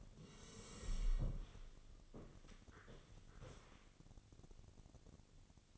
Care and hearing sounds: daily activity, microphone in the room; sit down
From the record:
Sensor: 4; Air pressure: 1001.2 hPa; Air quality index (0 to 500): 180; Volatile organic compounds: 2 ppm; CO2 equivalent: 1288 ppm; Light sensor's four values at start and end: 14/32/13/13 and 14/32/13/13

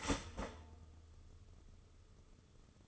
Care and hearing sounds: daily activity, microphone in the room; start toaster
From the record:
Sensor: 4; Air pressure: 995.3 hPa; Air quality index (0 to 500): 216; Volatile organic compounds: 258 ppm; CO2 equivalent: 4381 ppm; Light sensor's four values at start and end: 28/86/33/36 and 29/87/33/36

